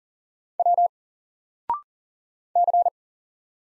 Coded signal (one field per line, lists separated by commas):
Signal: Morse code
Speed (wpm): 40 wpm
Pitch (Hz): 700 Hz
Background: none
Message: W C